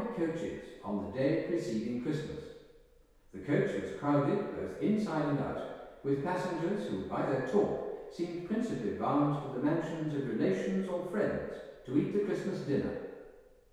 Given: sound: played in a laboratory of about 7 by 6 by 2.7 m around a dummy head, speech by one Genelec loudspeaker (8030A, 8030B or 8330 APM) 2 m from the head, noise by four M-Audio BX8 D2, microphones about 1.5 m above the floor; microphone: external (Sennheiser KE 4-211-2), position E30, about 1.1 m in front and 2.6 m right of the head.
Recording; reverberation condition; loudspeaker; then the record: male speech in English; high; 60 degrees to the left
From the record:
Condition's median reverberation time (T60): about 1300 ms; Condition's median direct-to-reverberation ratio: about -4.0 dB